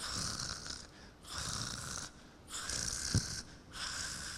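A wife snores in deep sleep, four long rasping breaths in a steady rhythm, each a loud buzzing snore separated by brief quieter pauses, with no talking.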